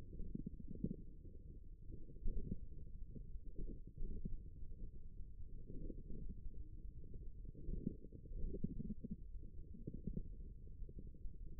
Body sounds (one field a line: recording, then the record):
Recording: forearm muscle sounds (acoustic myography)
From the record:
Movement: hand opening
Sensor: system 1, eight BSWA MPA416 microphones around the upper forearm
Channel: 7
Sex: male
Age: 54 years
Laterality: right